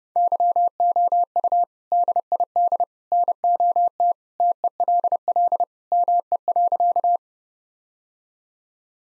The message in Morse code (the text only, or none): YOU DID NOT TELL ME.